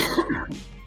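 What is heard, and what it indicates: A single short, dry cough from an adult man, breaking into his speech mid-sentence.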